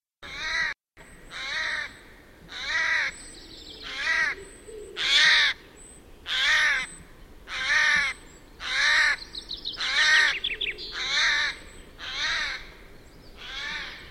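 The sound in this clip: Eurasian jay harsh screeching calls, a rasping note repeated about every 1.2 seconds, with a brief higher rattling sound midway and low background rumble.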